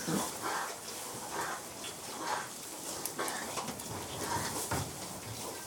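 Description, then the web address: Pigs feeding with repeated short grunts at irregular intervals over a steady background of shuffling and chewing noise. Pigs being fed as livestock. "The BBC Sound Effects Library Livestock Feeding Pigs"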